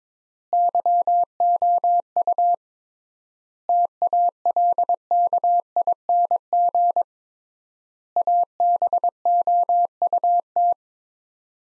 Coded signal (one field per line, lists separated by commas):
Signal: Morse code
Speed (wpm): 22 wpm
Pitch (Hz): 700 Hz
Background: none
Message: YOU TALKING ABOUT